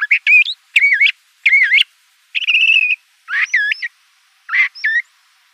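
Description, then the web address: Le Conte's thrasher singing separate rich phrases, whistled slurs rising and falling, each phrase set apart by short silences. Arizona. "Mimids LCTH. deviche"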